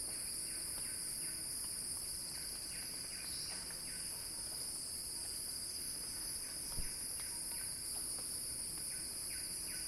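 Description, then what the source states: Cicadas keep up an unbroken high buzz while short, lower chirping notes repeat, and one brief sharp knock is heard. Crescendo.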